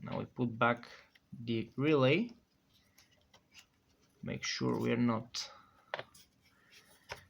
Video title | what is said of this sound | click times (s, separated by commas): Improved three colors headlights for Mazda 626 GF | doing anything but this does not click i'll have to probably do some | none